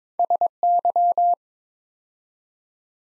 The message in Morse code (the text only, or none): SY